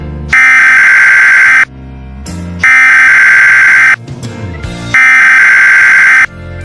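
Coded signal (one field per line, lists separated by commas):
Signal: Emergency Alert System (SAME) tones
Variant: header bursts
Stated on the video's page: Mock EAS alert made as an experiment, fictional.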